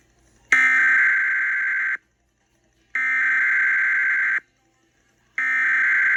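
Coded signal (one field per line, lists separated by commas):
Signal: Emergency Alert System (SAME) tones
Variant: header bursts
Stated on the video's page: Fredericksburg monthly test relayed by broadcast stations.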